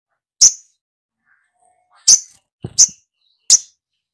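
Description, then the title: Spiderhunter calls: four sharp, high chip notes, the last three in quicker succession, with a soft low thump just before the third. Masteran: training recording for songbirds, titled 'Labaik'. "Masteran Burung Sogok Ontong Labaik"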